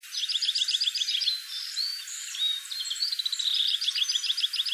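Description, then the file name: Oriental greenfinch twittering: fast runs of high chirps, then a few drawn-out notes midway, before the rapid chirping resumes. "kawara"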